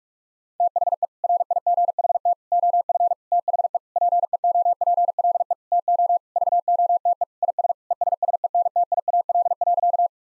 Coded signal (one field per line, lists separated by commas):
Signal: Morse code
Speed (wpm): 48 wpm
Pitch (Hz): 700 Hz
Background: none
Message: THE RIGHT OF THE PEOPLE TO VOTE IS ESSENTIAL.